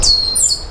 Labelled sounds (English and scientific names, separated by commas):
Stitchbird (Notiomystis cincta) song